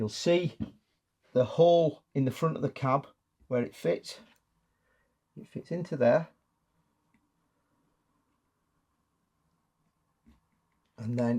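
Someone talks while lining up a small part of an Ellis Clark Trains Black 5 model locomotive with the hole in the front of the cab where it fits. Speech fills the first six seconds, followed by a long quiet stretch with no hits and a brief return of talk at the end. The part has not popped in yet.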